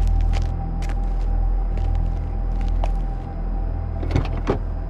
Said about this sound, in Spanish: Después, abrió la puerta muy lentamente y descendió del coche.